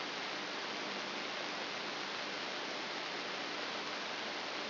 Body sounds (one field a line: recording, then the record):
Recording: brain microelectrode recording played as sound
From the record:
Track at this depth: outside the subthalamic nucleus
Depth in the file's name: 6.301 mm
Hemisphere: left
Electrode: 3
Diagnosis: Parkinson's disease